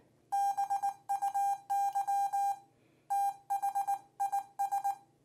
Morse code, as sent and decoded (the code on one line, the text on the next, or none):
-... ..- -.-- / - .... .. ...
BUY THIS